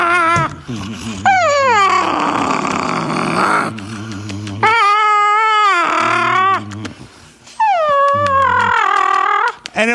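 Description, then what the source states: Dog (Chihuahua mix): grumbling howls and whines in several bursts, with rough noise between phrases and short pauses. Chihuahua mix, grumpy, resisting and staying put; played from a video.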